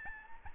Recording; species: mosquito wingbeat signal from an infrared sensor; Aedes albopictus